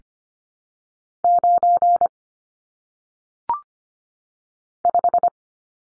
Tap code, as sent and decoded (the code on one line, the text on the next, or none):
none